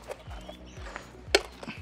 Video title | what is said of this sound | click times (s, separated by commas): Diese IOHAWK "Klone" zeigen es allen! Mit dem besten Offroad Escooter durch den Skatepark | schnell eingerastet ist eingerastet also | 1.4 s